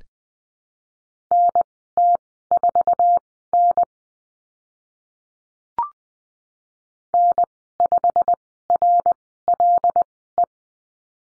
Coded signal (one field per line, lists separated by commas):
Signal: Morse code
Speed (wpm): 20 wpm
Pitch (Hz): 700 Hz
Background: none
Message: NT4N N5RLE